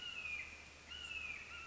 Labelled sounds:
Red-shouldered Hawk (Buteo lineatus)

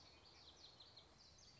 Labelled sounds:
Common Yellowthroat (Geothlypis trichas)

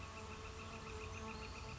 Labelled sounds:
Northern Flicker (Colaptes auratus)

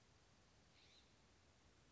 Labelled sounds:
California Scrub-Jay (Aphelocoma californica)

